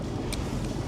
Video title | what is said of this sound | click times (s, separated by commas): Reviewing the DJI Osmo Action 4! (ONE GAME CHANGING FEATURE) | snap, magnetic, and you get a little click, and that note lets you know that it's on tight. | 0.3 s